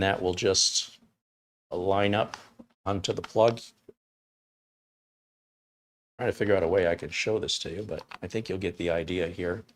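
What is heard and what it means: Someone talks while an interchangeable US plug adapter is lined up onto the USB-C power supply of a GL.iNet travel router, with a faint brief tick around 3.9 s between stretches of speech. The adapter is only positioned, not yet twisted in, so nothing has clicked or seated yet.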